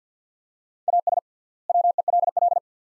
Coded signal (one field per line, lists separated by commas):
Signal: Morse code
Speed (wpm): 50 wpm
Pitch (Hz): 700 Hz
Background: none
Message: AS WELL